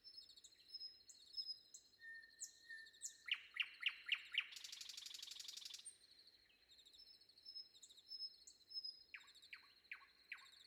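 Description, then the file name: Nightingale song: varied phrases of thin whistles, a burst of rapid repeated notes, then a long harsh buzzy trill, followed by falling notes over a steady high background tone. Recorded before dawn. "predawn nightingale"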